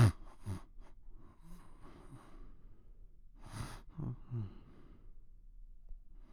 Light snores of a man sleeping.